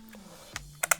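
Two AA batteries are pushed into the battery compartment of a Phenyx Pro PTM-11 wireless in-ear monitor body pack. After faint taps and a softer knock near 0.6 s, two sharp clicks land at 0.8 s and 0.9 s as the batteries seat.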